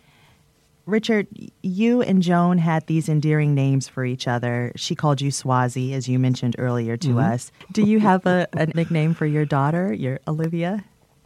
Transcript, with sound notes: Richard, you and Joan had these endearing names for each other. She called you Swazi, as you mentioned earlier to us.
(Laughter).
Do you have a nickname for your daughter, your - Olivia?